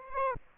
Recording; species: mosquito wingbeat signal from an infrared sensor; Aedes albopictus